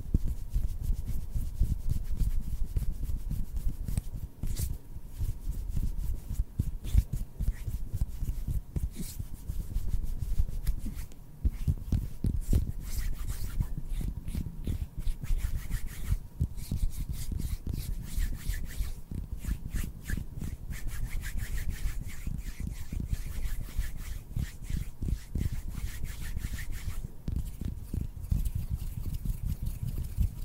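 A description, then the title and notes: Hands rub and brush together in a dense, continuous stream of dry friction, with quick scratchy strokes following one after another throughout. The texture stays low and full, with occasional sharper rasping bursts, and a faint steady tone hums underneath the whole time. TWINS MAKE ASMR HAND SOUNDS NO TALKING. INTENSE HAND SOUNDS ASMR AND HAND MOVEMENTS.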